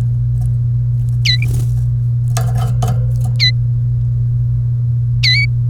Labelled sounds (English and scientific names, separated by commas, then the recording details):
Domestic Canary (Serinus canaria) song
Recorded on 30 April 2018 at 15:26
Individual llb3